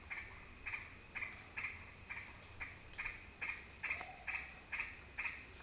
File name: Green aracari